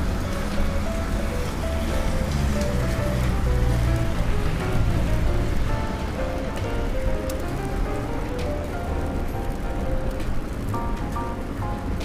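Rain on a New York day, a steady dense hiss over a deep, constant low rumble like passing traffic. Short tonal notes drift in the middle range throughout, and faint ticks and drips pop up now and then. The level stays even for the whole clip.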